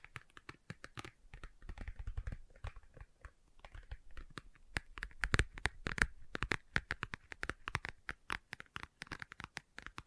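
Leather being tapped and scratched, heard as a steady stream of quick, sharp clicks and dry scuffs that run the full ten seconds. The taps come irregularly but densely, with a few louder, crisper hits around the middle, over soft rubbing and a low thumpy undertone early on.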